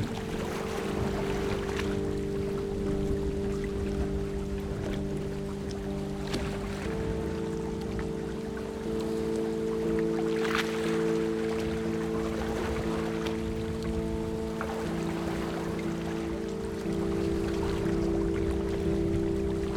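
A boat motors past with a steady, low engine drone that holds a few stacked tones, stepping slightly in pitch around seven and fifteen seconds. Over it, water splashes and sloshes in brief bursts, the sharpest near two, six and ten seconds.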